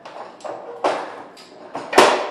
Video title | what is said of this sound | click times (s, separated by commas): Soap, Paper Towel, Toilet Paper, and Air Freshener | a new roll on shut it make sure it locks into place | 2.0 s